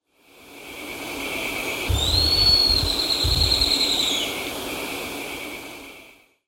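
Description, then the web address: Black-streaked puffbird giving one long, thin, high whistle that rises and then holds steady, over a constant hiss and a low rumble. Ecuador. "Birds of Ecuador. Black-streaked Puffbird"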